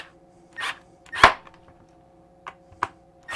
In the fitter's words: That's not a good noise when you hear it pop like that, but it was snapping into place.